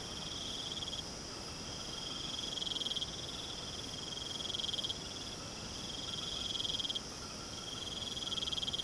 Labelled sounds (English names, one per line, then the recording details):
none
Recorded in pastures near Puerto Asís, Putumayo, Colombia, on 21 March 2025 at 21:30
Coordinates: 0.486, -76.323
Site G075